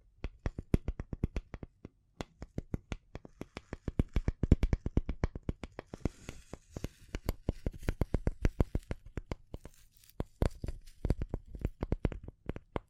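Rapid tapping runs through the whole stretch, sharp clicks coming several times a second in uneven bursts, with brief pauses near 2, 10 and 11 seconds. Between about 4 and 10 seconds a soft, hissy scratching fills the gaps beneath the taps.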